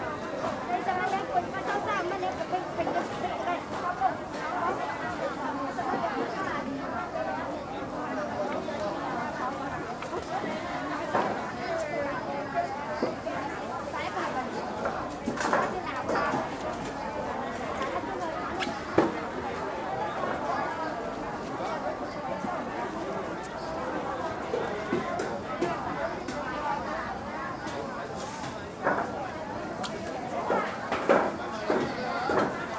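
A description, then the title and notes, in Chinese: Hong Kong wet market street with vendors calling out, a dense, steady wash of overlapping voices and chatter throughout. Sharp knocks and chopping clacks punctuate it irregularly, a few every several seconds, with brief louder bursts near 15, 19 and 29–32 seconds. Hong Kong-and its three wet markets。這段聲音是在街市旁馬路中心位置採集的，捕捉到小販熟練而忙碌的叫賣聲。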